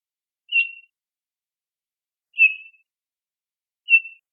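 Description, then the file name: Townsend's solitaire giving clear, high whistled single notes, three calls spaced roughly one and a half to two seconds apart, with silence between. "TOSO CALLS"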